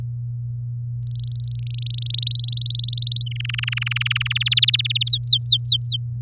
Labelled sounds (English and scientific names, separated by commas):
Domestic Canary (Serinus canaria) song